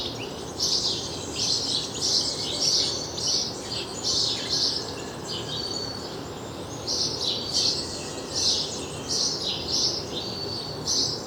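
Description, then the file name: House sparrow chirps, short bright notes given in quick runs of several, a pause, then another run, over a steady background hiss. "Passer domesticus"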